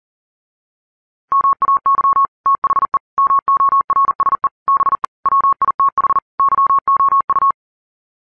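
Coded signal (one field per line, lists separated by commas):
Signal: Morse code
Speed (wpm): 40 wpm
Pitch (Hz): 1100 Hz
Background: none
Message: MAY THE MORSE B WITH YOU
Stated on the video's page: Morse audio made with an online voice creation tool, with a chipmunk effect.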